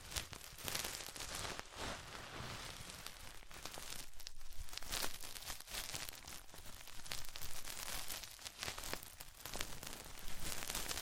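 Ear cleaning sounds as dense, crackling scratches and rustles, steady throughout with frequent brighter bursts and a low rumbling underneath.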